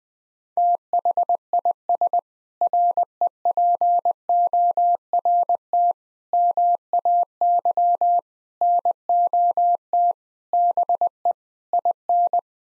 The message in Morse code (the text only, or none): THIS REPORT MAY NOT BE IN